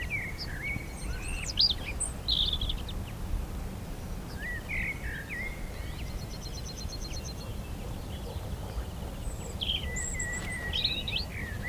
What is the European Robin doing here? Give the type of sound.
song